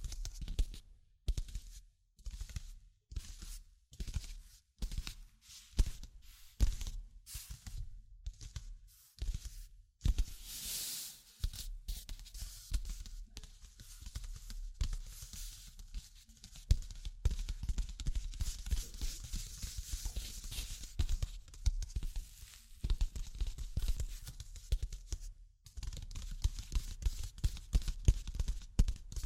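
Tapping, scratching and tracing sounds come in short, irregular bursts separated by brief silences through the first half, with a bright hiss near 11 seconds. After about 12 seconds the scratching becomes denser and more continuous, with rapid soft taps and fluttering rustles to the end.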